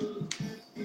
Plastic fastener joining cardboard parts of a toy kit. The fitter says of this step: Voilà, j'ai entendu le clic. C'est bon. Ça tient ensemble.